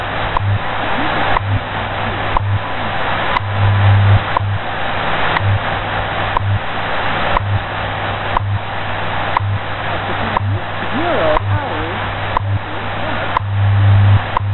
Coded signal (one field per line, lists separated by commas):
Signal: radio time signal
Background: speech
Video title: Very clear recording of WWVH/WWV time signal at 10000 kHz